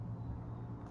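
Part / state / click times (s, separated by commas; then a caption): gudgeon pin circlip into piston groove / not seated / none. A steel circlip that retains the gudgeon pin is being worked toward its groove in a forged aluminium JE piston for a Triumph Bobber. Only a steady low hum is heard, with no sharp hits. Nothing has seated or clicked yet.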